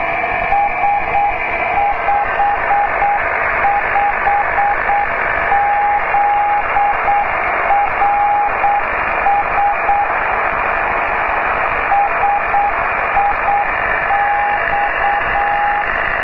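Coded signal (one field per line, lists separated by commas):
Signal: Morse code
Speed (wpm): 8 wpm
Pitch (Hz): 810 Hz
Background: radio noise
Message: S55ZRS SIX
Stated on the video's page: Six-meter beacon transmitting from JN76MC, received in IN51NW on an Icom 756 with a 5-element delta loop antenna.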